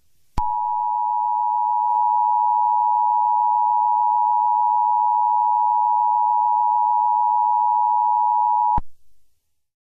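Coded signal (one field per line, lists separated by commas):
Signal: Emergency Alert System (SAME) tones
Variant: 853 and 960 Hz attention tone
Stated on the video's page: Fictional EAS scenario.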